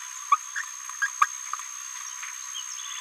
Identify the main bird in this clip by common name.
Green-rumped Parrotlet